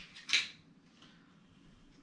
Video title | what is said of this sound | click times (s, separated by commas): BUILDING A COMPUTER THAT WILL LAST STEP BY STEP: Full Walk-Thru i7-9700K, Aorus Z390, Samsung NvMe | pull pressure on both sides but do one side on the other side you'll hear it click yep | 0.3 s